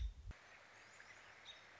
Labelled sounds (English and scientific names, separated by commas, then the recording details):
American Robin (Turdus migratorius)
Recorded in Sonoma County, California